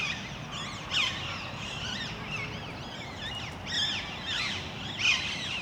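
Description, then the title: Parakeets calling: shrill, raspy screeches with a few louder bursts, over faint background hiss. Parc Duden, Forest, Brussels-Capital, Belgium; just before nightfall; recorded with Zoom MicTrak M4 internal XY microphones. "Parc Duden, Forest, Bruxelles-Capitale, Belgique - Parakeets - Perruches"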